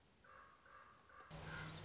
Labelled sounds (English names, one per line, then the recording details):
Common Raven
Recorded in Sonoma County, California